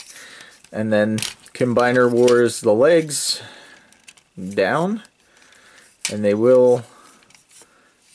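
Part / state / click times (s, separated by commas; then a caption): plastic leg joint of a transforming robot figure / seated / 7.2 s, 7.4 s. Someone talks while the plastic legs of a Zeta Toys ZB-01 Flyfire, a combiner-style transforming robot figure, are moved down during transformation. Two quiet little clicks come at 7.2 and 7.4 seconds as the leg joints click into their locked position.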